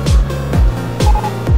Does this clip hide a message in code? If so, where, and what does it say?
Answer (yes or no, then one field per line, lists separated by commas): no